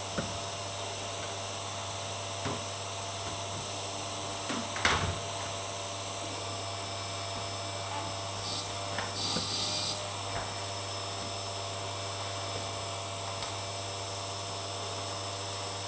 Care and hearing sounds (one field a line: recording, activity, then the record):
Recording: daily activity, microphone in the room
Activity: vacuum cleaning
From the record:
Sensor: 3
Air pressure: 1007.7 hPa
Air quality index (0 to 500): 49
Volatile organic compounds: 1 ppm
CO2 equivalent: 576 ppm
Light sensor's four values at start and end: 10/23/9/9 and 9/22/9/9